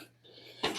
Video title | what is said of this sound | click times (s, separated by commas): FIX Your NOISY LG Dryer Before It's TOO LATE! | little click oops | 0.6 s